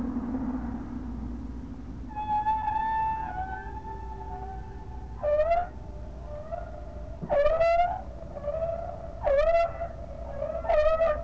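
Whale vocalizations: a drawn-out tonal moan shifting in pitch, followed by several loud harmonic upsweeps spaced a couple of seconds apart, with low background noise.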